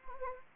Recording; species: mosquito wingbeat signal from an infrared sensor; Anopheles gambiae